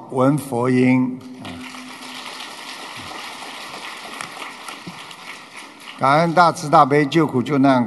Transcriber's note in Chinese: 掌声